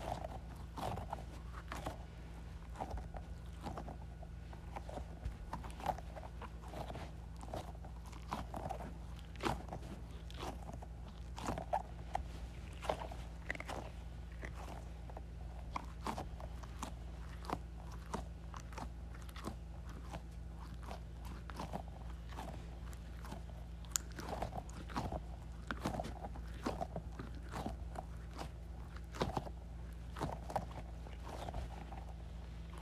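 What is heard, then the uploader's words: A squishy goo ball is squeezed repeatedly, giving dense wet crackles and sticky pops throughout, over a steady low hum. ASMR Squeezing a Squishy Goo Ball.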